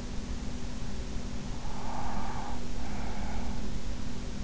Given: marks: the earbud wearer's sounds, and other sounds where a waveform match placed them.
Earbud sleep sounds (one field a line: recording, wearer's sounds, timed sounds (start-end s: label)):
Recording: sounds in sleep by an in-ear microphone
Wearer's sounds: breath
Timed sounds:
1.47-3.68 s: breath